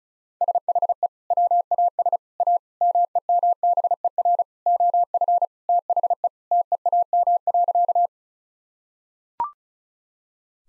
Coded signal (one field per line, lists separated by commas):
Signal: Morse code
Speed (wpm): 36 wpm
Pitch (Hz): 700 Hz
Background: none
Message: SHE WAS A MEMBER OF THE TEAM.